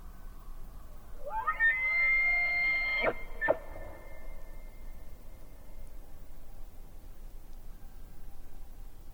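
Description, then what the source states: Elk bugle rising from a low groan into a high, sustained whistle for about two seconds, ending in two sharp grunts, then quiet. Recorded during the rut at Yellowstone Lake on 13 September 2016.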